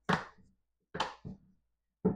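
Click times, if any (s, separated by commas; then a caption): 1.0 s. A reused plastic lid is pressed down by hand onto a five-gallon storage bucket, giving short dull thumps with a sharp snap at about 1.0 s, then more thumps. The lid snaps down at that spot, though not all the way around.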